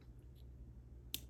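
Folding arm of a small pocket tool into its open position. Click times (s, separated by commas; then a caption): 1.1 s. A small folding metal arm of a compact pocket tool is swung into its open position. After about a second of quiet low hum, it locks with one sharp, bright snap at 1.1 s, and the part is seated in place.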